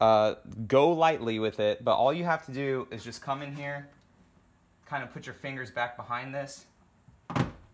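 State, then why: Released. Someone talks while reaching behind a plastic dash trim panel clipped into a Toyota 4Runner dashboard, during a light bar switch install, and pulls it loose. A single dull thunk sounds at 7.3 seconds as the panel pops free of its retaining clips.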